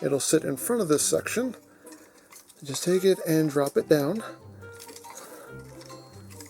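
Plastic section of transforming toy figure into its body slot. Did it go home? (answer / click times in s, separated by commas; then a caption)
yes / 6.4 s. A plastic section of a transforming robot toy is dropped down into its body slot during transformation while someone talks. After the speech, faint plastic handling sounds follow, and the section snaps into place with a short click at 6.4 seconds.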